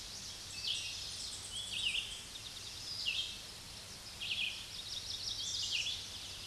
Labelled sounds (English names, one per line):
Red-eyed Vireo song